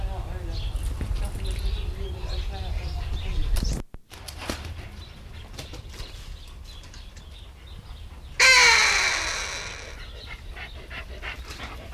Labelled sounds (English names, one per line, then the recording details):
Bateleur call
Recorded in captivity
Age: adult
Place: Tierpark Berlin, Berlin, DE
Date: 1972-09-16
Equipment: Uher 4200 Report Monitor, Verst. I, Sennheiser MD 421
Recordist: Tembrock, Günter
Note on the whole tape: Rufe. Aufnahmezeit: 9-13.00 Uhr